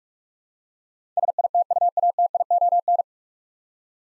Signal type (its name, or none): Morse code